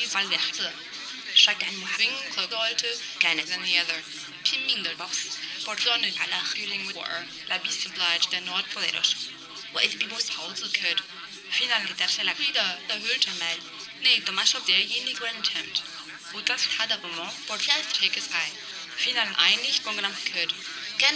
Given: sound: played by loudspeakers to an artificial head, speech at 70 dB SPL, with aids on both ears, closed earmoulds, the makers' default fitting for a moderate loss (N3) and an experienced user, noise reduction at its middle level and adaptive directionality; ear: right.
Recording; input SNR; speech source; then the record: speech test signal (ISTS) in cocktail-party noise; +3 dB; on the right (90 degrees)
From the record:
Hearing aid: class 1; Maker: B